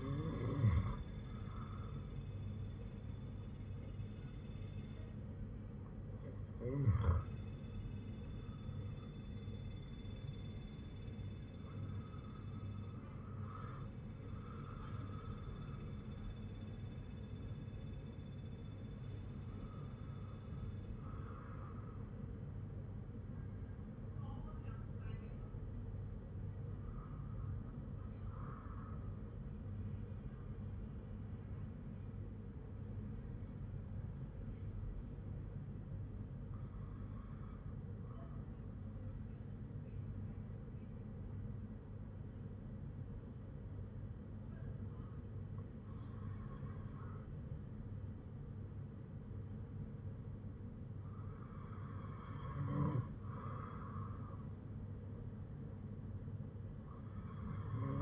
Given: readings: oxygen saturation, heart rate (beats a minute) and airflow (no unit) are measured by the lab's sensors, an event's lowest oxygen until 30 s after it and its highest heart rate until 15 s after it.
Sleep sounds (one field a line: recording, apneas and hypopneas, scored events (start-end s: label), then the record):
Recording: breathing in sleep by a smartphone at the bedside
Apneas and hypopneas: 1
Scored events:
31.00-53.20 s: hypopnea (N2, oxygen 98% highest, then 95% lowest, heart rate 54 at the start, 57 highest)
From the record:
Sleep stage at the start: N2 (light sleep)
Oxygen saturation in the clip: 96 to 98%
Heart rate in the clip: 52 to 58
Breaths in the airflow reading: 8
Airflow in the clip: -6.8 to 7.0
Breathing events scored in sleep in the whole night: 182 in 7.4 hours asleep